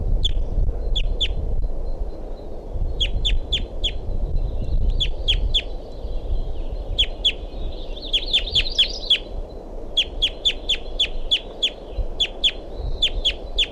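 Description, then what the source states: Crossbill calls, sharp clipped notes given in quick groups that repeat throughout, with a softer warbled twitter midway, over low background rumble. Wild male calling as he takes off and flies east up the hill, among ponderosa pines.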